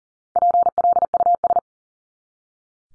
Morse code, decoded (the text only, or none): PLUS